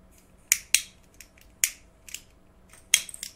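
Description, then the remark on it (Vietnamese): A lighter is flicked repeatedly without catching: about five sharp, scratchy clicks at uneven intervals, with no flame sound following and no talking over a faint hum. “Đấy, cái bật lửa thổ tả này.”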